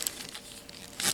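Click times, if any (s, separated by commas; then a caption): none. Hands fold a plastic body section of a Transformers Velocitron Speedia 500 Crasher transforming toy figure into its Formula One-style car-mode position, making quiet plastic crinkling and rubbing with a sharp tick near the start. The handling builds to a louder, brighter scrape around 1.0 to 1.2 seconds, with another sharp tick at the end. The section is handled but has not seated or clicked into place yet.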